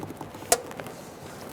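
On a 2014-2018 Subaru Forester, the rubber grommet or clip on a front ABS wheel speed sensor wire is pushed through its mounting hole on the body or bracket. One sharp, bright snap at 0.5 s stands out over a few faint ticks and low background noise, and the grommet is seated.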